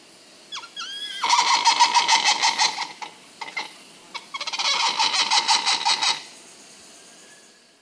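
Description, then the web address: Muriqui call: two brief chirps, then two long bursts of rapid, rhythmic harsh pulses, each lasting a couple of seconds and separated by a short gap. Primate of the South American rainforest. "Natures Songs S America Primates of the Rainforest Muriqui monkey"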